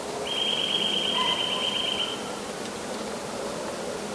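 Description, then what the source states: Eurasian nuthatch giving one fast, even trill of high notes lasting about two seconds, then quiet background hiss. Recorded in frost.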